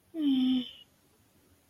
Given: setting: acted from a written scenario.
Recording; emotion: vocal sound without words; sympathy